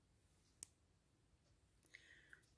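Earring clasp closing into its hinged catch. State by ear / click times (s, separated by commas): seated / 0.6 s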